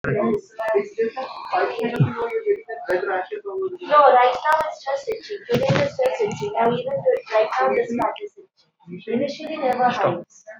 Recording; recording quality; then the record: deep breathing; moderate, slight background noise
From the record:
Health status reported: respiratory illness, not identified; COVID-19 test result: negative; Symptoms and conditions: cough, chronic lung disease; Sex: male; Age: 48 years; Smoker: not ticked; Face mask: not worn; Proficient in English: yes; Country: India